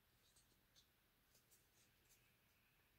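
A plastic snap-fit model car part, likely the seat, is being handled and pressed toward its pegs in the interior bucket of a model car. Only faint scratchy handling taps and a low steady hiss are heard, with small bursts around 0.4, 0.8, 1.5 and 2.1 seconds. Nothing has seated or clicked yet; the part is not home.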